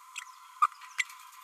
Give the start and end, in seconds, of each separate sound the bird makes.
0.62-0.67, 0.98-1.04